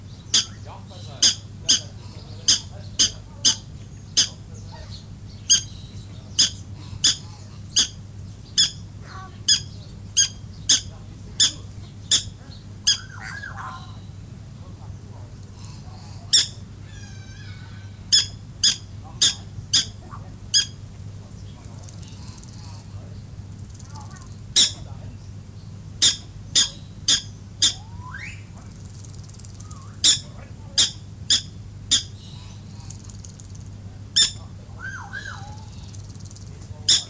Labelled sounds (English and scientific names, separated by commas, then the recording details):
Black-tailed Prairie Dog (Cynomys ludovicianus) call
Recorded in captivity
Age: adult
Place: Zoo Halle, Sachsen-Anhalt, DE
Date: 2005-10-10 16:10
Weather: overcast, 10°C
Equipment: Panasonic RQ-2102, Sennheiser ME 80, Kopie Uher 4000 Report Monitor
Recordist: Tembrock, Günter
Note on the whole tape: Ein Tier, unbewegt: Rufreihe, Ende vollständig. Entfernung ca. 2 m